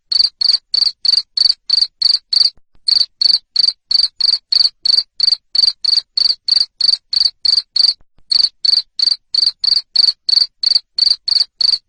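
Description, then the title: Cricket repeating shrill, high chirps at an even rate near three per second, pausing briefly twice, with no other sounds present. Loud cricket chirping used to stimulate lovebirds into continuous chattering song. "Suara JANGKRIK NGERIK Keras Bikin LOVEBIRD Jadi NGEKEK Terus"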